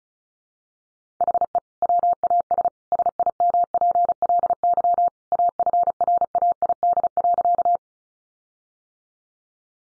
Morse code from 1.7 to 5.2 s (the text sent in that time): WAS SIMPLY